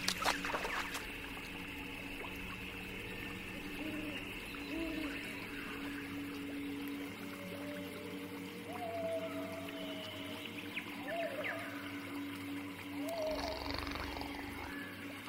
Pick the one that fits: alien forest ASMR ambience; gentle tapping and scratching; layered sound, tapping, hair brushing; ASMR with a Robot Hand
alien forest ASMR ambience